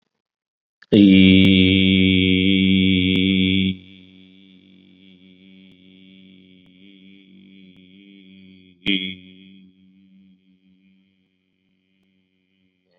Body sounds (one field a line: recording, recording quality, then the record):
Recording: sustained vowel as in beet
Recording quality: excellent, no background noise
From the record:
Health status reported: COVID-19 positive, mild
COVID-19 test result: positive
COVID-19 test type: rapid antigen test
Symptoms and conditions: cough, fever, fatigue, muscle pain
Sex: male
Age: 44 years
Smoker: no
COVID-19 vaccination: both doses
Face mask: worn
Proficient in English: yes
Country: India